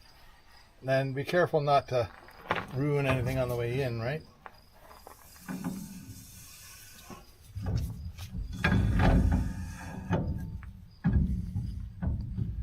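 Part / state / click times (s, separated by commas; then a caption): rear axle shaft into axle housing and differential / not seated / none. A rear axle shaft on a 1989 Dodge W100 is guided into the axle housing and differential, taking care not to damage the seal on the way in. Someone talks over soft scraping and sliding sounds, with brief knocks near 4.5, 8.7 and 10.1 seconds. The shaft is still being handled and nothing has seated or clicked into place yet.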